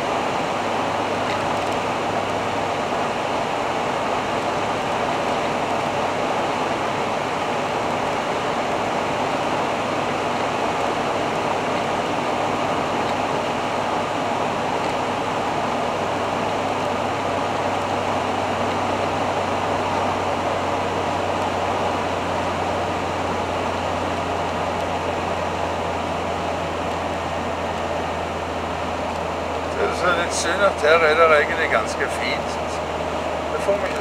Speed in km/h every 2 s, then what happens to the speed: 90, 90, 91, 91, 90, 90, 89, 88, 87, 84, 82, 80, 78, 76, 74, 73, 71.
0-15 steady at about 90. 15-34 slows to 71.